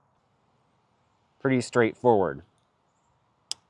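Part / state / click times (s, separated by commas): electric sunshade cable connector into the vehicle's roof wiring connector / seated / 3.5 s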